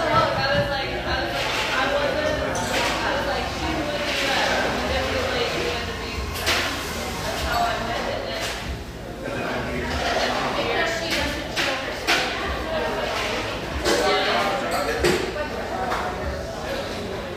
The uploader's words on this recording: Irvine, California. Cheerful, bustling background noise of this sunny café in one of the OC's most upscale neighborhoods.